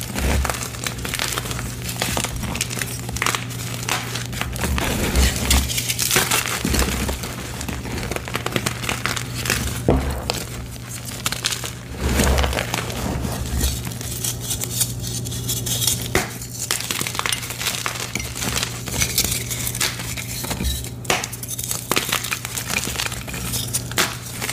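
Blocks of gym chalk are crushed in a nonstop run of crumbly, crinkling crunches, with sharp snaps and breaks around 6, 10, 12 and 21 seconds. The texture stays dense and gritty throughout, over a steady low hum underneath.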